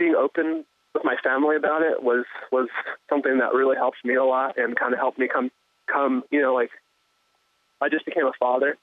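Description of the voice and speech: An adult man who has stuttered all his life talks over a thin, telephone-quality line. Whole-word repetitions ('was… was', 'come… come') and several hesitant pauses, one about a second long, break otherwise smooth conversational speech. These are mild stuttering disfluencies. He also has blocks, and the stuttering runs in his family, with his brother among those affected.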